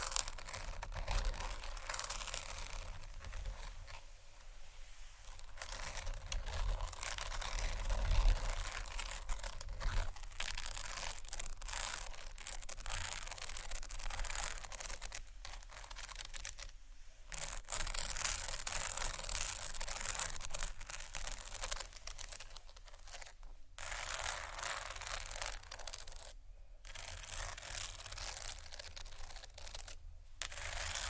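Dense crinkling and scratching runs almost without pause, bright and papery, with quick irregular taps mixed in. Brief silent gaps break it near 5, 17, 23, 27 and 30 seconds, and a low thump stands out around 8 seconds.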